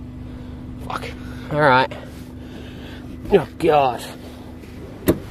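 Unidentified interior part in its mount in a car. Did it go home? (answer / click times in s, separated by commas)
yes / 5.1 s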